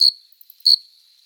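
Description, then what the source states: Cricket chirping: two sharp high chirps well under a second apart, with a thin continuous tone between them. Singing cricket, recorded close up.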